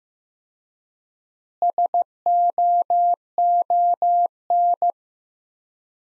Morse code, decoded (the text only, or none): SOON